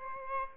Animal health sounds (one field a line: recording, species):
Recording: mosquito wingbeat signal from an infrared sensor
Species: Aedes albopictus